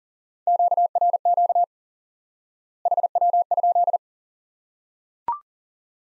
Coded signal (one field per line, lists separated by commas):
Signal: Morse code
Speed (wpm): 40 wpm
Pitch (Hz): 700 Hz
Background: none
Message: QRQ HW?